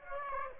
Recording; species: mosquito wingbeat signal from an infrared sensor; Aedes aegypti